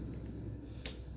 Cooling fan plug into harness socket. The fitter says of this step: udah klik Nah ini kan buat pemasangan